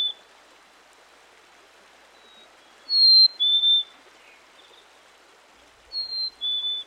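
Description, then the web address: Black-capped chickadee giving clear two-note whistles, a higher note dropping to a lower held one, repeated twice with gaps, against a faint hiss. "Dan Gibson's Solitudes Nature Trails. Black-Capped Chickadee"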